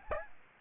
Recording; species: mosquito wingbeat signal from an infrared sensor; Aedes aegypti